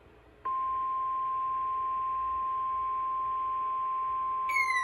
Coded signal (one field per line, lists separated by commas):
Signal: Emergency Alert System (SAME) tones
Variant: 1050 Hz attention tone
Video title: WHEN YOU OVERSLEPT AND MISSED THE MFL WEEKLY - EAS Alert Tests From 11/1/23 (EAS #1067-1072)